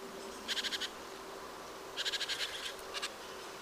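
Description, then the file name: Great tit giving harsh chattering calls, two quick bursts of rapid scratchy pulses about a second and a half apart, then a brief softer burst near the end. "Parus major"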